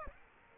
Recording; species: mosquito wingbeat signal from an infrared sensor; Aedes aegypti